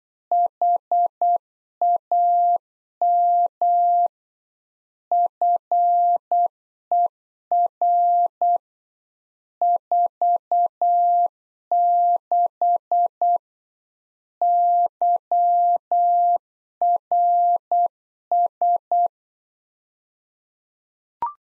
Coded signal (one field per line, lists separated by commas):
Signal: Morse code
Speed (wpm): 8 wpm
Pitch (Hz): 700 Hz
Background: none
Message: HAM FER 46 YRS